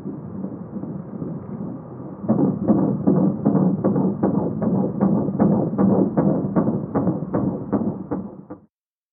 The sound of the baby's heartbeat. Going to have a baby in a couple of weeks.